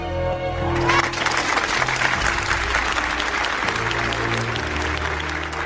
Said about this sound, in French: Sous les applaudissements